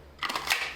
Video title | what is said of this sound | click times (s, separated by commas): Gun holsters--Kydex vs Leather??!! -- Which do you use for your gun? | hold the light obviously and it's got a nice audible click | 0.5 s